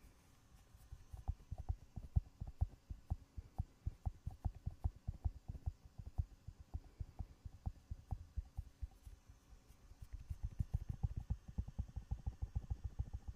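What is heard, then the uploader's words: Fingers tap and brush against a microphone, producing a steady run of soft, low thumps about two or three per second. The thuds are muffled and bassy, with faint hiss above, and around ten seconds the tapping grows denser and slightly louder. ASMR mic touching // fuzzy cover, foam cover, bare mic //.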